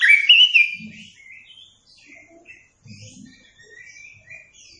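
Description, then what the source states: Oriental magpie-robin song: one loud burst of slurred whistles at the start, followed by soft scattered chirps and faint low thumps. Song recording (masteran) used to train captive songbirds.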